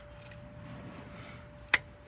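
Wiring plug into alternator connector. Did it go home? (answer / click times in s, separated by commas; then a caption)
yes / 1.7 s. A wiring plug is pushed into the plastic connector socket on an alternator over a low, steady background hum. A single sharp click sounds at 1.7 seconds as the plug pops in and seats.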